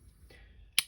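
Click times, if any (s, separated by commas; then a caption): 0.8 s. A magnetic charging connector is snapped onto the magnetic contact on the back of a metal Olight Arkfeld laser pointer and flood flashlight, where the magnet doubles as the charger. Over a quiet low rumble with a faint hiss from about 0.3 s, a single sharp, bright click lands at 0.8 s and quickly fades. The connector seats with a very solid click.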